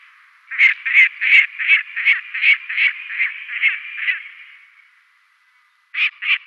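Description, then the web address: Lanner falcon: harsh repeated kek notes in quick succession, then a short silence and a few more sharp notes. "Schulze Peter Lanner Falcon"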